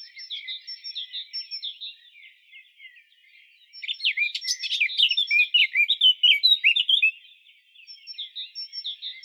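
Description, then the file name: Eurasian blackcap delivering a soft scratchy warble that swells into a louder burst of rapid chirps midway, then fades back to quiet twittering. "Sylvia atricapilla"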